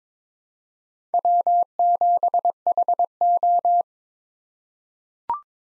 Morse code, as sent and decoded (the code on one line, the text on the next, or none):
.-- --... .... ---
W7HO